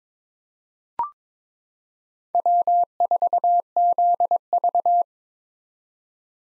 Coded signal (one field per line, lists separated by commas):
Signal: Morse code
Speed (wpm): 21 wpm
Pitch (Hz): 700 Hz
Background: none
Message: W4ZV